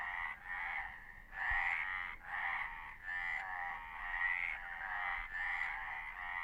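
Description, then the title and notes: Frogs croaking in a dense chorus of rattling, pulsed calls that overlap and swell in repeated bursts. Frogs described as laughing; at night between midnight and one o'clock on the heights of Carbuta, 17 March 2015. "Le rane che ridono. sulle alture di Carbuta"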